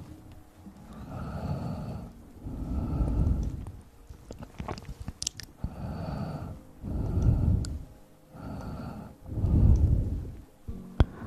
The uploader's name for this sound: Mouth sounds, Ear Blowing & Ear picking